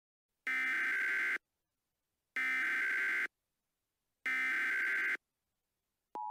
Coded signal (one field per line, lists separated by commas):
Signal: Emergency Alert System (SAME) tones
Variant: header bursts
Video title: EAS Mock Scenario: Real-Life Fortnite